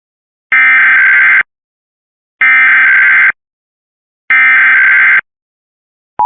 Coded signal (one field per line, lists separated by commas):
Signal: Emergency Alert System (SAME) tones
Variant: header bursts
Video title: WTXF-TV Emergency Alert System Required Monthly Test in PA (EAS #111) (FOX 29)